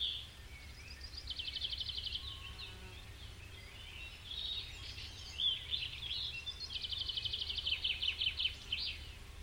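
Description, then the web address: Birds singing trilled phrases of quick repeated notes in bursts, with high chirps between, over a low continuous rumble. Birds recorded in a forest. "birds in the forest"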